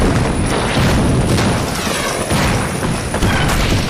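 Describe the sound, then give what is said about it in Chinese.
A steady, loud barrage of heavy artillery and gunfire as Japanese forces fire heavy guns on the Beidaying barracks in northeast China at the start of the September 18 Incident. Deep booming rumbles blend with dense crackling shots that continue without pause throughout. “我从这里听到枪声、炮声不断。”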